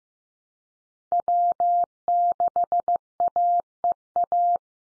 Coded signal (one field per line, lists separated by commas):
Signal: Morse code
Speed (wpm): 15 wpm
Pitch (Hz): 700 Hz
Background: none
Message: W6AEA